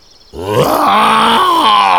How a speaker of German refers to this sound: Ah, das Tier gibt's gar nicht auf dem Bauernhof. Du schummelst, das ist ein Löwe.